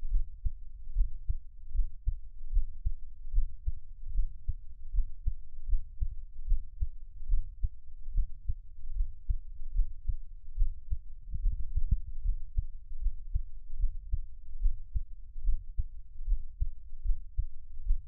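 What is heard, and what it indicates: Steady, muffled low thumps, about 73 a minute, from an adult's own heartbeat heard close up, with no talking, offered as Taiwanese ASMR.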